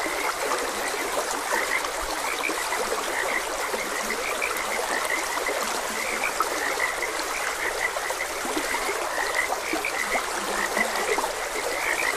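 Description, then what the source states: Frogs croaking continuously, many small overlapping notes, over a soft rushing brook. Frogs croaking beside a gentle stream; a nature ambience recording.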